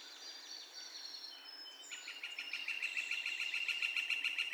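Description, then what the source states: Northern flicker calls, a fast, even run of sharp repeated notes starting after two seconds, following softer whistles and chirps of other birds. Calls; recorded 2 May 2020.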